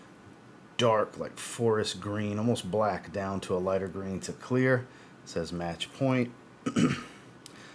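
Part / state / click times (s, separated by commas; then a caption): plastic cap onto perfume bottle neck / seated / 7.5 s. A plastic cap is pressed onto the neck of a fragrance bottle while someone talks. One short, sharp tick is heard at 7.5 seconds as the cap clicks into place and holds well.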